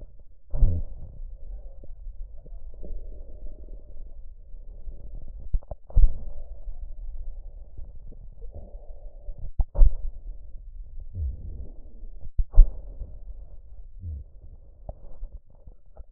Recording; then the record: lung sounds by stethoscope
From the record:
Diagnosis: emphysema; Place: left posterior upper chest